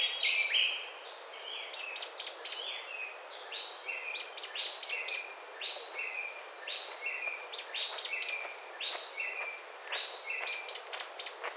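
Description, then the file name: Bird calls: repeated phrases of rapid high chirps interleaved with lower, flat whistled notes, four bursts spaced a few seconds apart. "SABIOD 50 bird 2015"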